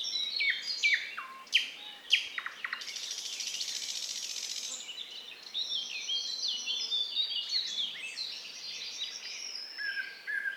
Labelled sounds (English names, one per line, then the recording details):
Thrush Nightingale song
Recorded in the wild
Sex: male
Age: adult
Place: Borawskie, Podlaskie Voivodeship, PL
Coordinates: 53.4448, 22.4516
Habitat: deciduous forest
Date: 2016-05-29 10:30
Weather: clear sky, moderate wind
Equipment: Marantz PMD660 recorder, Sennheiser ME67 directional microphone
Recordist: Souriau, Abel